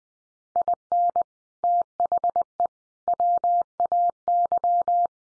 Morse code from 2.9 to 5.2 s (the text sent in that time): WAY